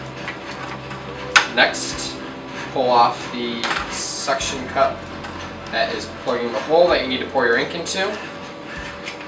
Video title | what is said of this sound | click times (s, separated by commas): How to Load Ink Cartridge Epson SureColor F-Series F6070 & F7070 Printers. | it goes all the way and it'll kind of make a click noise | 0.3 s